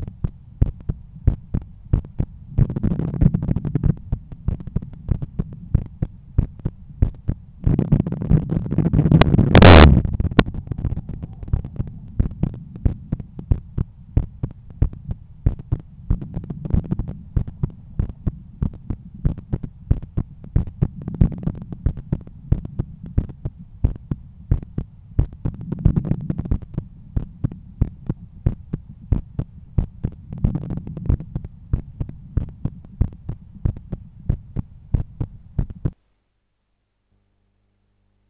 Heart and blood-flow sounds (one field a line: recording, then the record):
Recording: heart sounds by stethoscope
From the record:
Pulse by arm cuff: 92 bpm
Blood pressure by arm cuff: 120/77 mmHg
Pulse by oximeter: 94 bpm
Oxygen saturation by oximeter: 96%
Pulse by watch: 101 bpm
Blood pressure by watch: 124/80 mmHg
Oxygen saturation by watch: 97%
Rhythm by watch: sinus rhythm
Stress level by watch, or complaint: medium stress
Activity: after 5 min smoking and 1 beer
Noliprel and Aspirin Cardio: after pills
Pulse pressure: 43 mmHg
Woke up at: 7:50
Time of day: 17:19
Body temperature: 36.3 C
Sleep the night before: 7 h 52 min, score 75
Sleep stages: REM 24%, light 55%, deep 12%, awake 9%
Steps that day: 9500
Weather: sunny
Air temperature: 23.1 C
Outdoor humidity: 52%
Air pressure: 1013 hPa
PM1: 5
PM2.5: 8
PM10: 10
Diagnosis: hypertension, treated with Noliprel and Aspirin Cardio 100 mg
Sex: male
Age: 53 years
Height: 174 cm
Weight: 81 kg